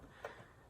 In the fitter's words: the um nozzle just clicks back in and um